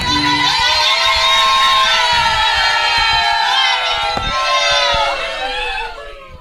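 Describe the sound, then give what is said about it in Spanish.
A group of voices lets out a loud, sustained cheer for Radio Curruf during a live radio broadcast, many overlapping high-pitched shouts held together for several seconds before tapering off at the end. “Bueno, quiero, antes de que terminemos, estamos ahorita, creo, en vivo, transmitiendo, ¿no?, desde la señal de Radio Curruf, enviar un grito para Radio Curruf.”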